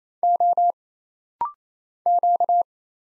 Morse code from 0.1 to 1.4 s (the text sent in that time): O